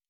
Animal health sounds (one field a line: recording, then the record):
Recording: hydrophone in a shrimp aquaculture tank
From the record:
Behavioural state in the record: normal